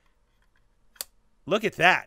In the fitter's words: i've never seen that before on a c frame and i'm sure it's been done before but man this thing just snaps into place